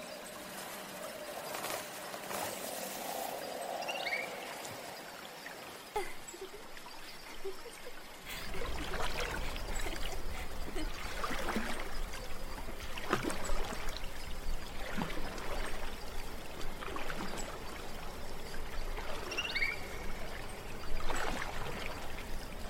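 A stream trickles and laps, quiet and thin for the first eight seconds, then fuller and louder as low rushing water comes in. Frequent small splashes and drips stand out over the steady flow, with a few brighter gurgles near the end.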